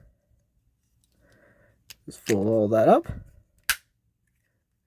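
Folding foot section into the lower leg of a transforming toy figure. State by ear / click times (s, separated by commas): seated / 3.7 s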